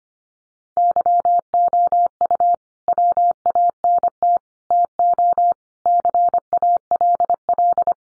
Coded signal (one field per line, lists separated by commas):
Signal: Morse code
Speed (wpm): 25 wpm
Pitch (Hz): 700 Hz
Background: none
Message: YOU WANT TO CALL